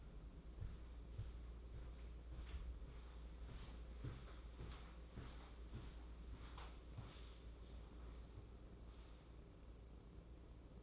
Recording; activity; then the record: daily activity, microphone in the room; walk to room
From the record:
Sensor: 1